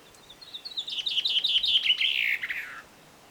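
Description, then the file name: Common chaffinch song: a fast series of high notes falling step by step, ending in a lower, slurred flourish. "Fringilla coelebs"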